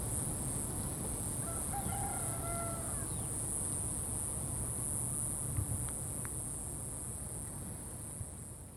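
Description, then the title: Crickets give a steady, high, shimmering sound throughout, with strong low wind rumble beneath and a brief harmonic call near the start. Crickets recorded at Atins, Brazil, with wind in the background. "Atins, Brésil - Grillons - Crickets"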